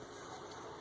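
A KitchenAid KUDP02CRBL1 dishwasher filter/spray unit is being handled into the tub sump, with its keyways lined up so a hidden tab underneath can lock in place. A steady broadband noise runs throughout, with a brief burst near the end. Nothing has seated or clicked yet.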